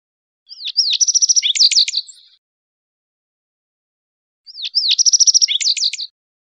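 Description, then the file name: Yellow-eyed junco singing two lively high-pitched phrases about four seconds apart, each opening with slurred notes, then a rapid trill ending in sweeping chips. Recorded in Costa Rica. "CR YEJU"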